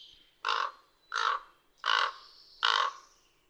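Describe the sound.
Common raven calling four harsh, hoarse croaks at a steady pace, a little under a second apart, with quiet pauses between.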